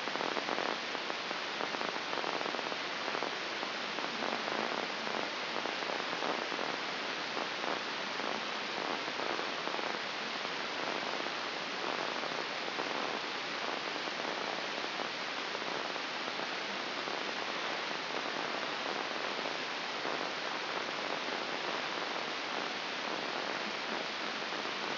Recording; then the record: brain microelectrode recording played as sound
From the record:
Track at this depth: inside the subthalamic nucleus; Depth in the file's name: 3.426 mm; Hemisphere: left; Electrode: 2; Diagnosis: Parkinson's disease